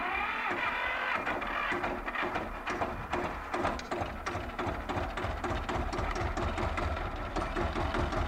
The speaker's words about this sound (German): Das ist so eine Art Beiwagen. Das kannst du doch machen. Beiwagen? Ist doch wie ein Motorrad.